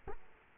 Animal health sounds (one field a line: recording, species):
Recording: mosquito wingbeat signal from an infrared sensor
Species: Culex quinquefasciatus